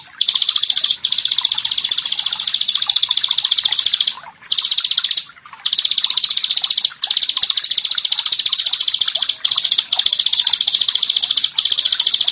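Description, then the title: Prinia song: very fast, buzzy, high trill running almost continuously, with a few brief breaks. "Ciblek Sawah"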